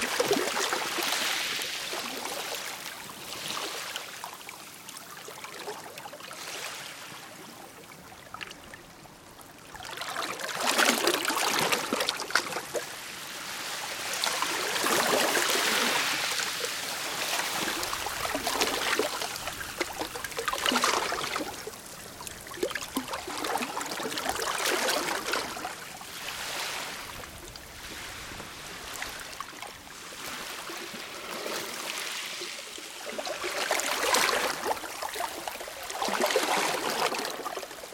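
Gentle waves lap at a lake shore in soft, repeating washes, each swell rising and fading every few seconds. The sound is airy and splashy with little low rumble, and a stronger cluster of laps arrives around ten to eighteen seconds before settling again.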